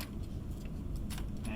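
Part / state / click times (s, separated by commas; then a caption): shafts into acrylic transmission frame / seated / 1.5 s. The two pieces of an acrylic transmission frame for a 2-speed transmission are gently spread so the top and bottom shafts seat in their holes. A faint tick comes at 1.0 seconds, then a sharper snap at 1.5 seconds as the frame snaps into place over the second shaft, seating both shafts.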